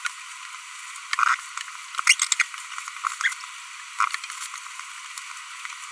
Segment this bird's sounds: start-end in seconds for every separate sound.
1.19-1.35, 2.07-2.14, 2.40-2.42